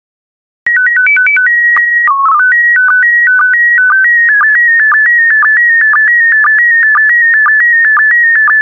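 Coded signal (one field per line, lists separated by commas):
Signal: SSTV (slow-scan television)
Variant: PD 120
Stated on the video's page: SSTV images sent in PD120 mode, generated for decoding practice.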